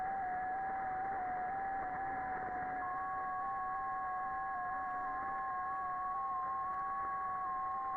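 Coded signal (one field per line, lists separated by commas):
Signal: FT8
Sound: several faint steady warbling tones at different pitches over hiss, one joining partway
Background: radio static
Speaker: so this is w 9 ly demonstrating the ft 8 arm client from k 1 JT say new protocol between t 9 a.m. and K 1 JT that runs in 15 second windows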